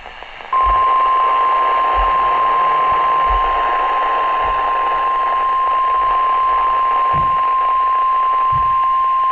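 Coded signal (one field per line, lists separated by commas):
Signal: Emergency Alert System (SAME) tones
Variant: 1050 Hz attention tone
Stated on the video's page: NOAA Weather Radio severe weather alerts.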